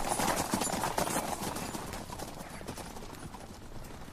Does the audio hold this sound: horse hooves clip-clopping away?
yes